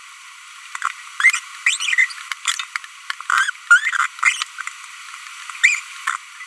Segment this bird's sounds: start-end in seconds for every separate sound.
1.20-1.39, 1.67-1.76, 1.80-2.05, 3.30-3.50, 3.71-3.78, 4.23-4.33, 5.63-5.79